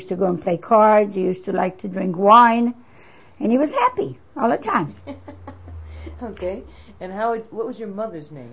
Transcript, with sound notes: He used to go and play cards. He used to like to drink wine. And he was happy all the time.
(She laughs.) Okay, and how would, what was your mother's name?